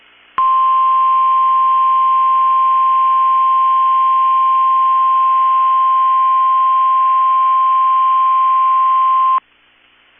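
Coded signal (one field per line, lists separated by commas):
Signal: Emergency Alert System (SAME) tones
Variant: 1050 Hz attention tone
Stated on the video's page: Required weekly test from a NOAA weather radio station.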